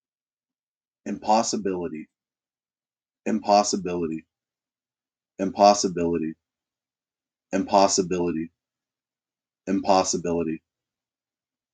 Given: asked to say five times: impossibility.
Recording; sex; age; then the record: repeated word; male; 30 to 39 years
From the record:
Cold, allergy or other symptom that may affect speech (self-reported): no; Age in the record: 35 years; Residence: Ohio, United States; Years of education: 16